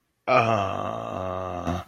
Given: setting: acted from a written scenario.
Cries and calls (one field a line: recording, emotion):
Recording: vocal sound without words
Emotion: confusion